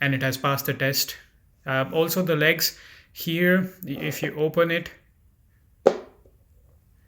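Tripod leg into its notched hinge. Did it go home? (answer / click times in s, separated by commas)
yes / 5.9 s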